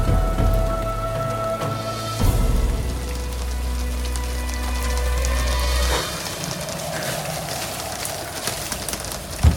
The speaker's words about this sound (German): Und siehe, es erhob sich ein großer Sturm.